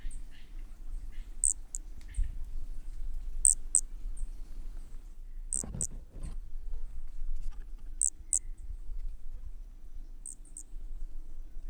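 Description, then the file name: Brachycephalus frog calling with short, very high pips, mostly in quick pairs, repeated every two to three seconds over a low background rumble. Undetermined Brachycephalus species, individual 7, Corcovado, 18 December 2017; recorded at 20–100 cm from the frog; four notes were missed. "MHNCI Brachy sp ind 7 perdeu 4 notas 20-100 cm Corcovado 18 dez 2017"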